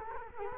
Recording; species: mosquito wingbeat signal from an infrared sensor; Culex quinquefasciatus